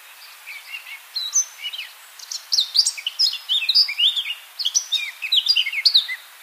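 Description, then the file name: Eurasian blackcap song: soft twittering at first, then a loud, fluent warble of varied whistled and chirping notes continuing to the end. "Sylvia atricapilla"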